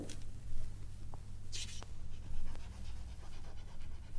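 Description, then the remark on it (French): Intermittent scratchy strokes of a pen writing an address on paper wrapped around a purse, with short bursts and pauses over a steady low hum; one sharper, brighter scrape stands out partway through. No voices. “Maintenant, prenez votre bourse et enveloppez-la dans ce papier. Je vais mettre l'adresse.”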